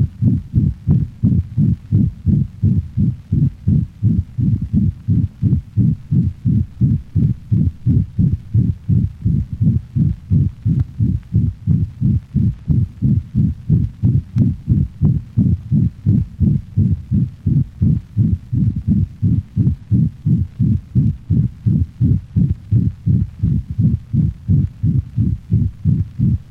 The murmur of the ventricular septal defect is a harsh holosystolic sound, not unlike that of mitral valvular insufficiency.